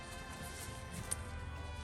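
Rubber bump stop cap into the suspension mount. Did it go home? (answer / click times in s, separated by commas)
no / none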